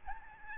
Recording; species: mosquito wingbeat signal from an infrared sensor; Aedes albopictus